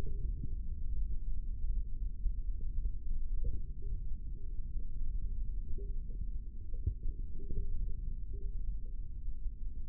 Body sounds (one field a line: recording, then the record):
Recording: forearm muscle sounds (acoustic myography)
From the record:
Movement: index flexion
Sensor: system 3, bracelet of six PUI Audio POM-2738L microphones around the upper forearm, with dedicated amplification and filtering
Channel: 5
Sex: male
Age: 25 years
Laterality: right